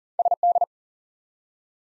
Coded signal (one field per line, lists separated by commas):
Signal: Morse code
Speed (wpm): 42 wpm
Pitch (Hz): 700 Hz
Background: none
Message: SD